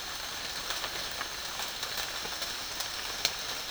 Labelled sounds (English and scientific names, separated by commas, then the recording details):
none
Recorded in dense forest near Puerto Asís, Putumayo, Colombia, on 12 March 2025 at 08:00
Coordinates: 0.484, -76.325
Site G045